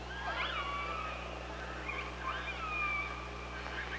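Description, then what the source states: Killer whale calls, long wavering harmonic tones sweeping up and down, some overlapping, with faint hiss and low steady hum beneath. Recorded on a hydrophone by OrcaLab, 24 August 2017 at 05:27.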